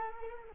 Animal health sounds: mosquito wingbeat signal from an infrared sensor; Culex quinquefasciatus

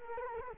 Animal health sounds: mosquito wingbeat signal from an infrared sensor; Culex quinquefasciatus

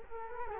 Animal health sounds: mosquito wingbeat signal from an infrared sensor; Culex quinquefasciatus

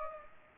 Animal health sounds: mosquito wingbeat signal from an infrared sensor; Culex pipiens

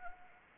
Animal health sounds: mosquito wingbeat signal from an infrared sensor; Anopheles arabiensis

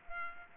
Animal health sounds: mosquito wingbeat signal from an infrared sensor; Culex pipiens

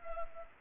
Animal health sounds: mosquito wingbeat signal from an infrared sensor; Culex pipiens

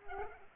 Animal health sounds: mosquito wingbeat signal from an infrared sensor; Culex pipiens

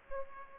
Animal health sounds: mosquito wingbeat signal from an infrared sensor; Aedes aegypti

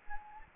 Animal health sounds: mosquito wingbeat signal from an infrared sensor; Anopheles gambiae

